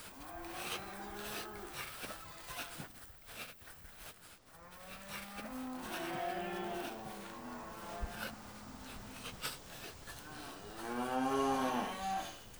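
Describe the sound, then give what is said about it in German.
Cattle bellow loudly in a barn, several long, overlapping moos following one another with wavering pitch, growing louder and more insistent toward the end. No one speaks. “Aber das Vieh in der Scheune, das schreit wie verrückt.”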